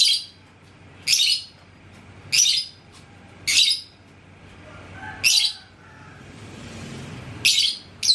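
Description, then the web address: Lovebird making harsh high screeches at irregular intervals. "love-bird suara-lovebird-paud"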